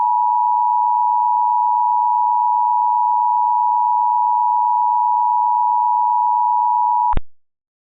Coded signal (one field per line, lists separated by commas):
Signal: Emergency Alert System (SAME) tones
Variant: 853 and 960 Hz attention tone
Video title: EAS Mock: Please no